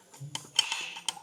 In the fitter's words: and we're just going to give that arm out a little click into place